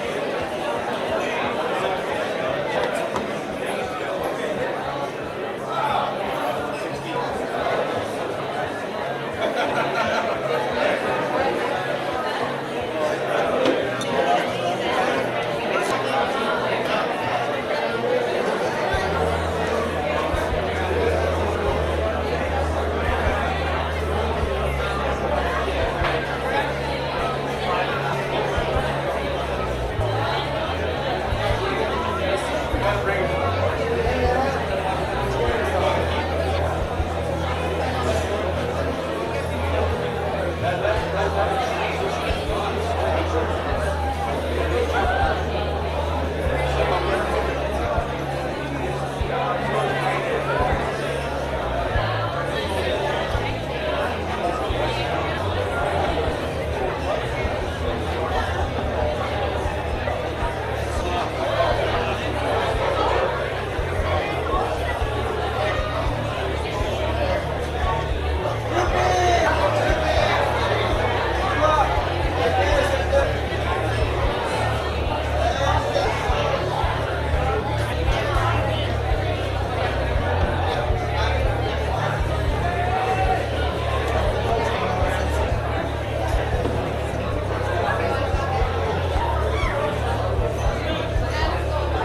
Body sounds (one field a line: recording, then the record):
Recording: background sound without coughing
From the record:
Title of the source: CITY SOUNDS Busy Bar in the Evening Night - 2 HOURS of Ambiance for Relaxation